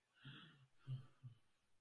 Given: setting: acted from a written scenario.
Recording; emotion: vocal sound without words; negative surprise